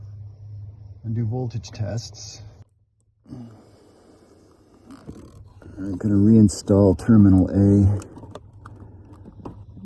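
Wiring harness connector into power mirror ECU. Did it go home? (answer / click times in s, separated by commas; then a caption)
no / none. Someone talks while wiring harness Connector A is picked up and lined up with the socket on a Lexus power mirror ECU, ready to be slid up and pushed home. A few faint, short handling clicks and taps come after the talking, around 8.4 to 9.5 seconds. Nothing has seated or clicked yet.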